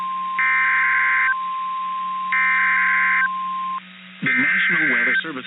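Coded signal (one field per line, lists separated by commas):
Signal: Emergency Alert System (SAME) tones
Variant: header bursts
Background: speech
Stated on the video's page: Real NOAA Weather Radio alerts: Severe Thunderstorm Watch and Special Marine Warning, with the weather radio transmitter malfunctioning.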